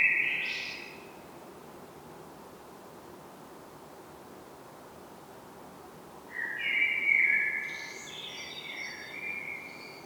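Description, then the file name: Common blackbird song: the high squeaky tail of one phrase opens, then after a quiet stretch a long warbled fluted phrase with scattered high twittering notes. "Turdus merula"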